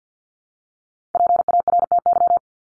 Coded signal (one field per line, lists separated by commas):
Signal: Morse code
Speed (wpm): 50 wpm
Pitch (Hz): 700 Hz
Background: none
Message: PARTY